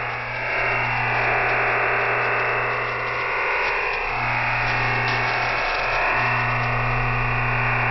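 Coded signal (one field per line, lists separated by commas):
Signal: digital SSTV (DRM)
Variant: EasyDRF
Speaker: The constant buzzing sound of our EasyDRF broadcast begins in 5 seconds.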